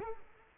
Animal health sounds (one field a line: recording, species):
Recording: mosquito wingbeat signal from an infrared sensor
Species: Culex quinquefasciatus